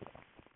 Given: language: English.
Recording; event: throat vibration sensor signal played as sound; swallow